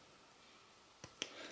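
A plastic beam weapon accessory for a Hot Toys MMS485 Mark IV action figure is turned to the right direction and pushed into the figure's armor socket. After near-silence, a faint tick at 1.0 s is followed by a sharp, bright click at 1.2 s. The accessory seats firmly in the socket.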